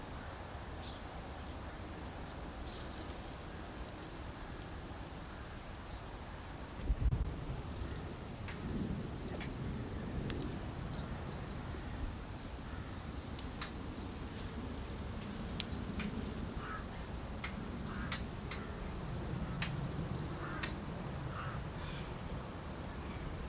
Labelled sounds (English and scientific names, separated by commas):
Koklass Pheasant (Pucrasia macrolopha) call